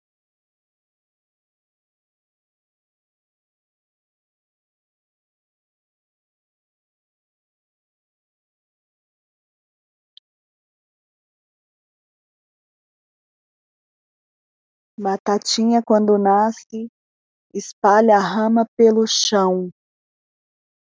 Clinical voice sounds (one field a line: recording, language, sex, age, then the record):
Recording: short text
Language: Brazilian Portuguese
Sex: female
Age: 40 to 49 years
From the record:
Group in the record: control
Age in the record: 47 years